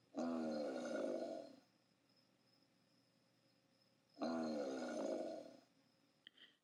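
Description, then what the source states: American alligator bellowing: two deep, rumbling roars, each lasting about one and a half seconds, separated by a quiet gap of nearly three seconds. Species that nearly went extinct from hunting but is now abundant.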